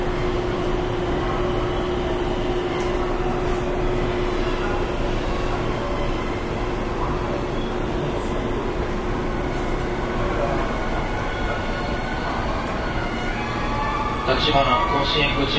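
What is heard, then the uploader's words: A train runs steadily between Amagasaki and Kobe, with a dense low rumble, a held tone fading near eleven seconds, and louder clatter near fourteen. JR西日本207系0番台(F1編成) JR神戸線普通 尼崎から神戸まで. It is running sound of JR West Japan Series 207 train. I recorded on the local train of Kobe Line. The section is from Amagasaki to Kobe.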